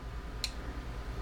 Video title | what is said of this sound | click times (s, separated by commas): TWB #103 - Oculus Quest 2 Upper Right Camera Replacement | that feels like it's sort of seated but now i just got to push down on it and it should snap in place | 0.4 s